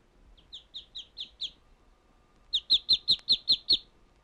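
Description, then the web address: Bird giving a soft run of high chirps, a short pause, then a louder set of about seven. "Звуки природы - птицы"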